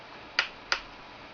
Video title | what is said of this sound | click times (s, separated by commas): how2 'properly' replace or increase the dynamic ram in your laptop or pc | click click click means the screws out out housing | 0.4 s, 0.7 s